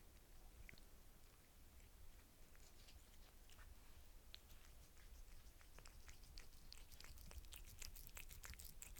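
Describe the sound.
Cat eating, with soft irregular crunching and chewing clicks that grow busier toward the end, over a steady low hum.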